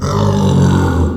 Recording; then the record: squeal of a Yucatan mini pig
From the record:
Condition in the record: after surgery on the right vocal fold (resection and tissue-engineered implant); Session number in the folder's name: 17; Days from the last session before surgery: 195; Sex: female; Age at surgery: 19 weeks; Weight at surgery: 25 kg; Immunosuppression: prednisolone